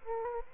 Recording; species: mosquito wingbeat signal from an infrared sensor; Aedes aegypti